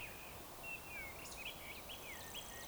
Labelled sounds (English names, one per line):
Eurasian Woodcock whistle